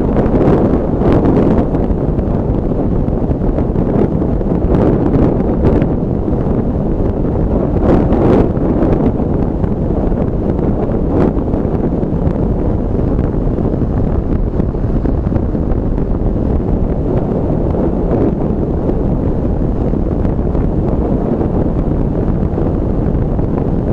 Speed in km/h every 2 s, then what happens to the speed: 52, 51, 51, 50, 50, 52, 51, 52, 53, 54, 54, 53.
0-24 steady at about 52.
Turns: none.